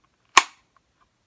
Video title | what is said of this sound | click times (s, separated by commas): Vedder Light Tuck Holster One Week Impressions | you hear that? That was nice and loud. | 0.4 s